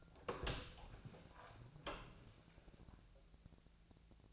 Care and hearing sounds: daily activity, microphone in the room; open door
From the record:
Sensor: 2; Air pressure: 1000.4 hPa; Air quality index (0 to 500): 174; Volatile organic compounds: 3 ppm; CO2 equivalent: 1445 ppm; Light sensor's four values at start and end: 9/23/9/10 and 10/23/10/10

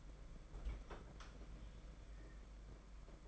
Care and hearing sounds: daily activity, microphone in the room; open fridge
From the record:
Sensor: 5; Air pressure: 992.0 hPa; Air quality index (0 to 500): 200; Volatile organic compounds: 1000 ppm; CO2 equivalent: 5772 ppm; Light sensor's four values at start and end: 30/103/38/40 and 30/100/37/40

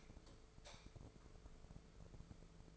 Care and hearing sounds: daily activity, microphone in the room; light off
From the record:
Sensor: 5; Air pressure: 1014.8 hPa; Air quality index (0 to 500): 169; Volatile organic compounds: 6 ppm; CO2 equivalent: 1862 ppm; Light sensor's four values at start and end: 98/235/99/108 and 87/208/87/94

